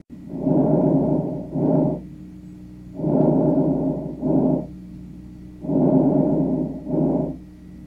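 Normal vesicular breath sounds heard over an adult chest with a stethoscope: soft, low-pitched rustling breaths, about 22–23 per minute, each with a longer inspiratory phase followed by a shorter, quieter expiratory phase, with no added sounds.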